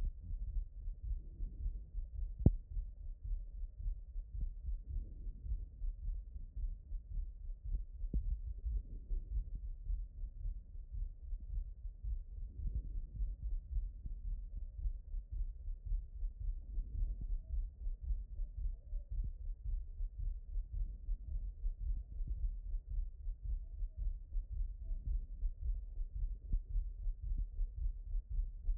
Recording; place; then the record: heart sounds by stethoscope; aortic valve (AV)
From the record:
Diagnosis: HFrEF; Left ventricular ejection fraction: 17%